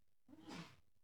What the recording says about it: Did everyone hear the sneeze? Did you hear him sneezing then?